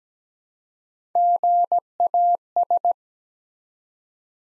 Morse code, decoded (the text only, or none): GAS